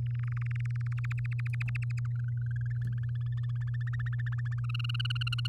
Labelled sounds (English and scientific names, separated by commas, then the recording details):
Domestic Canary (Serinus canaria) song
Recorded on 8 May 2018 at 06:04
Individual llb16